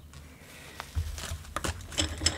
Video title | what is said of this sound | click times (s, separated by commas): Heimdallr SKX to Grand Seiko? [REVIEW+MOD] | i heard that last click but whether or not the gap is still there it remains to be seen | 2.3 s